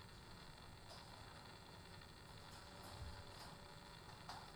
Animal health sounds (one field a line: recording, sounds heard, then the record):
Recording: poultry house recording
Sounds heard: no chicken sound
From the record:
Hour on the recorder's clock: 15